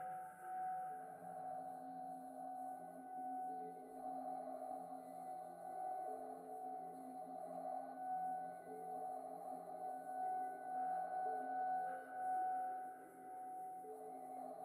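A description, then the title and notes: MIDI tones and bowl sounds ring together in a steady, sustained drone, with several held pitches from low to mid range and a faint bright shimmer above. The level swells gently throughout, with no sharp strikes or breaks across the fifteen seconds. MIDI and BOWL sounds 7 mins per chakra.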